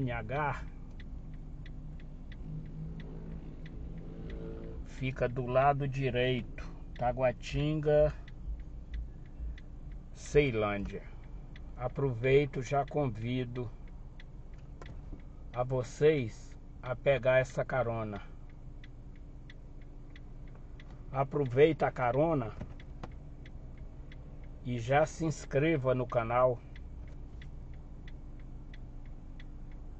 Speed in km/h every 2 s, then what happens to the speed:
0, 0, 0, 0, 0, 0, 0, 0, 0, 0, 0, 0, 0, 0, 0.
0-30 standing.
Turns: none.